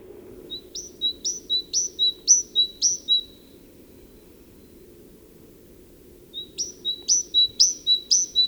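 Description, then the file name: Great tit song: a fast run of two-note phrases, a pause of about three seconds, then another run; steady low background noise. "Parus major"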